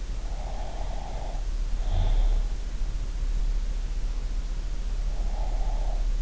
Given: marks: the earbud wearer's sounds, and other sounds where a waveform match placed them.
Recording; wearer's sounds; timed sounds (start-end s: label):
sounds in sleep by an in-ear microphone; breath
0.29-2.62 s: breath
5.11-6.22 s: breath